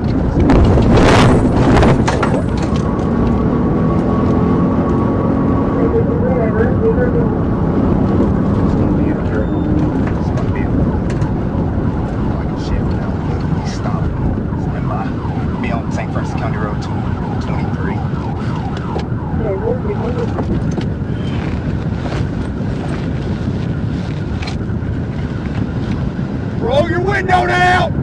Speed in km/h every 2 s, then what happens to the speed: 81, 93, 106, 116, 113, 84, 45, 18, 0, 0, 0, 0, 0, 0.
0-6 speeds up to 116. 6-15 brakes to 0. 15-28 standing.